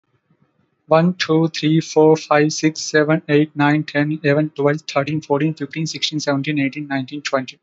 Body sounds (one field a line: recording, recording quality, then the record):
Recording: counting at a fast pace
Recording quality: excellent, no background noise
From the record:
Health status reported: healthy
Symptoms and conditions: none ticked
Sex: male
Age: 28 years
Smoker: not ticked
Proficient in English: yes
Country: India